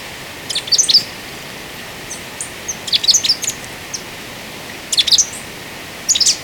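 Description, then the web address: Giant conebill calls: several bursts of high, thin chittering notes in quick clusters, over steady background hiss. Recorded in Ecuador. "Natures Songs S America Birds of Ecuador. Giant Conebill"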